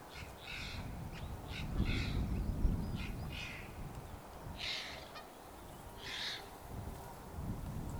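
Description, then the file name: Eurasian jay giving harsh, rasping screeches in several irregular bursts over steady low rumbling background noise. "Garrulus glandarius"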